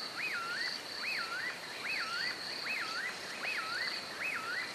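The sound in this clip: Spotted puffbird giving looping whistled notes that rise then fall, repeated regularly about every second, with a constant buzzing insect chorus behind.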